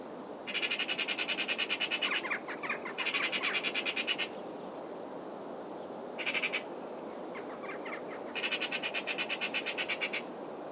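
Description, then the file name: Eurasian magpie rattling in several rapid, harsh chatters of fast clicking notes, with a longer quieter stretch and a short burst midway, against constant background noise. "Pica pica"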